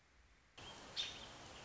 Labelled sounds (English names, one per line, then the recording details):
American Robin
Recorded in Sonoma County, California